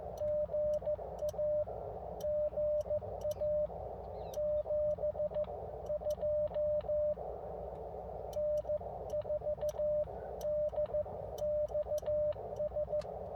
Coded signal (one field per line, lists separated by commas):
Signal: Morse code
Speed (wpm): 15 wpm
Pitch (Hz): 590 Hz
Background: radio noise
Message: GA GA 72 N4DXS